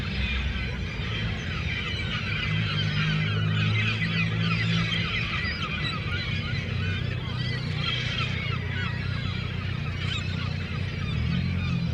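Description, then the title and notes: Gull cries, many birds calling at once in a dense scratchy chorus, with engine drone and passing motor sounds underneath. Seagulls at a harbour quay in Le Tréport, France, mixed with passing motorcycles; recorded with DPA 4060 microphones in AB position into a Zoom F3. "3 Quai des Paquebots, 76470 Le Tréport, France - Seagulls and motorcycles. Mouettes et motos"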